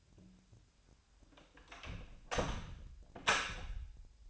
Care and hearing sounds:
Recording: daily activity, microphone in the room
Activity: close door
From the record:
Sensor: 2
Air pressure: 1007.0 hPa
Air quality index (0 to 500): 196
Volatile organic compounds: 13 ppm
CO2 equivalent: 2408 ppm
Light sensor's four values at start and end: 10/23/10/10 and 9/23/9/10

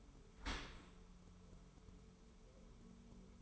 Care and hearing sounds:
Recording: daily activity, microphone in the room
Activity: open dishwasher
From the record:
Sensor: 1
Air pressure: 1015.0 hPa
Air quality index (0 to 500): 25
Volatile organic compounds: 0 ppm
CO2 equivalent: 500 ppm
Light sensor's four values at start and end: 13/30/12/14 and 13/30/12/13

